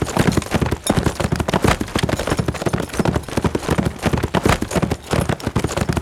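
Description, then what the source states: Horse at a fast gallop, bursts of heavy dull hoof strikes in quick groups, pulsing steadily. Steady, fast gallop on grass.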